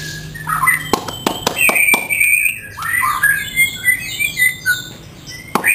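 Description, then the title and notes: White-rumped shama song: loud clicks, short clear whistled notes and slurred phrases. Song of the bird, offered for training caged birds (masteran). "Suara Kicau Burung Murai Batu. burung murai buat masteran"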